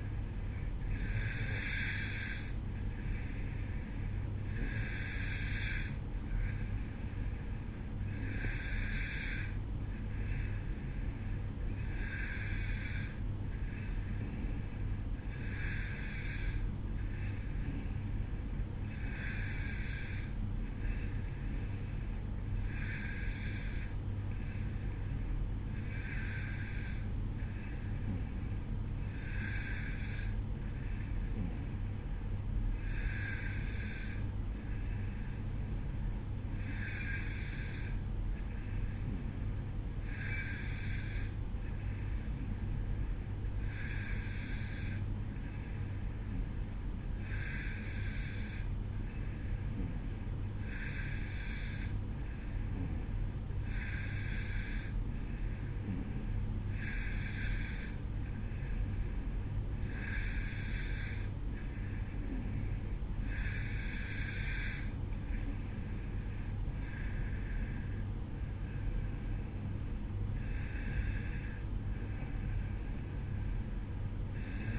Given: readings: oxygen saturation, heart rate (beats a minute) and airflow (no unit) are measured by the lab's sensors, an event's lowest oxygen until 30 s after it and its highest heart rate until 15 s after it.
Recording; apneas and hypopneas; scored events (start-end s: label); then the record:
breathing in sleep by a smartphone at the bedside; 1
34.00-66.00 s: hypopnea (N2, oxygen 93% highest, then 92% lowest, heart rate 55 at the start, 58 highest)
68.00-74.79 s: new sleep stage, N1 (lightest sleep)
From the record:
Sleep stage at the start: N2 (light sleep); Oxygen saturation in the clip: 91 to 93%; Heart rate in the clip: 55 to 59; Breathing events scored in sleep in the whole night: 305 in 9.6 hours asleep